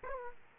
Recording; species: mosquito wingbeat signal from an infrared sensor; Aedes aegypti